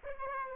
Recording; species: mosquito wingbeat signal from an infrared sensor; Aedes aegypti